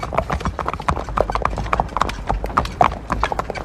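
Horses' hooves trot in a quick, steady clip-clop rhythm, pulling a stagecoach bound for Petersburg through a dark, snowy town past two-storey houses, the sharp knocking hoofbeats layered over a low continuous rumble.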